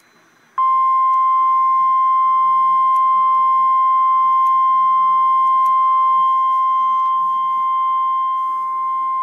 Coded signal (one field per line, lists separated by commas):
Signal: Emergency Alert System (SAME) tones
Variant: 1050 Hz attention tone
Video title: REAL EAS 409-Tornado warning